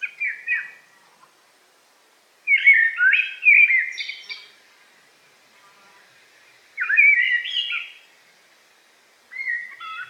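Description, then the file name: Eurasian blackbird singing: fluted warbling phrases with high squeaky endings, delivered in bursts separated by pauses of a few seconds, otherwise quiet. In forest, 8 July 2018. "180708 blackbird forest"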